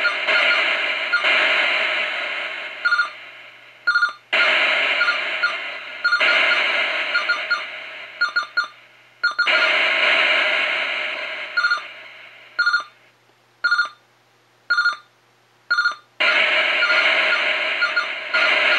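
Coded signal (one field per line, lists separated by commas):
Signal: computer data on cassette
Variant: Sharp X1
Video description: Jak Sharp X1 nahrává z kazety a co nahrává?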